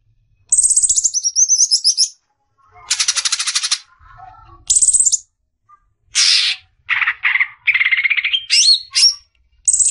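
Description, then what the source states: Greater green leafbird song: loud bursts of high, buzzy, rattling and whistled phrases, some sliding downward, broken by short pauses. Long cackling song, used to train songbirds for singing contests.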